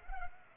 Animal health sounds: mosquito wingbeat signal from an infrared sensor; Culex pipiens

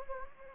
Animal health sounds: mosquito wingbeat signal from an infrared sensor; Anopheles gambiae

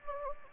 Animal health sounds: mosquito wingbeat signal from an infrared sensor; Anopheles gambiae

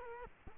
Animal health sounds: mosquito wingbeat signal from an infrared sensor; Culex quinquefasciatus

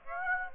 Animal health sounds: mosquito wingbeat signal from an infrared sensor; Aedes aegypti

